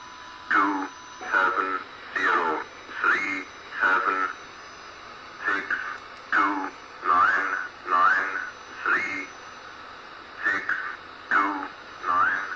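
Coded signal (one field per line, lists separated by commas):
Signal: numbers station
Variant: E06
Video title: E06 Russian numbers station on 7844 kHz AM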